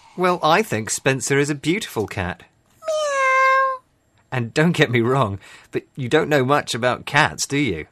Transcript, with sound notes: Well, I think Spencer is a beautiful cat. (miaow of agreement) And, don't get me wrong, but you don't know much about cats do you?